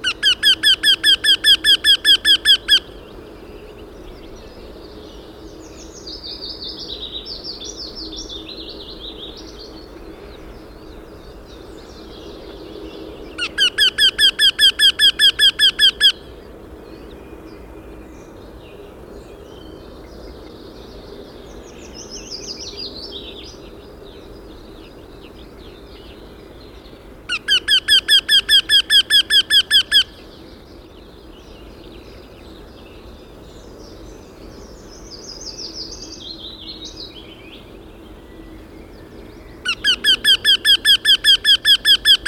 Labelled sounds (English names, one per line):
Eurasian Wryneck call